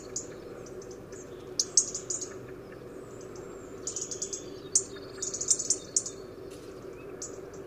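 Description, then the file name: European robin calls: scattered high, clicky ticks and brief thin notes in small irregular clusters, against a constant low background hum. "Erithacus rubecula"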